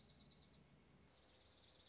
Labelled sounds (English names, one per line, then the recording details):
Dark-eyed Junco
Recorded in Sonoma County, California